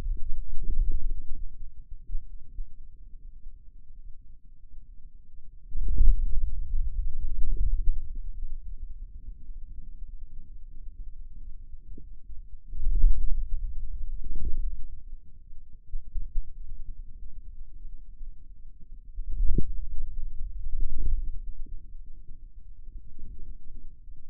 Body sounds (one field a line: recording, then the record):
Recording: forearm muscle sounds (acoustic myography)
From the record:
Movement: hand closing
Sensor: system 2, bracelet of six BSWA MPA416 microphones around the upper forearm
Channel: 3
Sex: male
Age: 22 years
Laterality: right